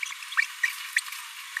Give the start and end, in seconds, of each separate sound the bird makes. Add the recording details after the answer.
0.37-0.41, 0.96-1.00. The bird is a male. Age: 26 days. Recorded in a nest box in Venezuela. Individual 17B42A3